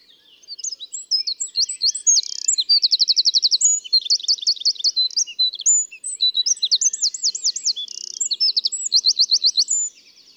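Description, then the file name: Eurasian wren song, a long, energetic stream of piercing high notes with several rapid trills and rattles, lasting about nine seconds in otherwise quiet surroundings. "Troglodytes troglodytes"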